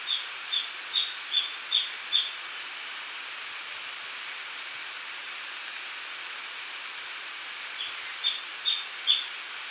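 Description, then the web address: Streak-capped treehunter giving a run of six sharp high notes, then a pause, then four more, steady and evenly spaced against a steady hiss. Recorded in Ecuador. "Birds of Ecuador. Streak-capped Treehunter"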